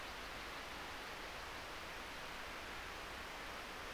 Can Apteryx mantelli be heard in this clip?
no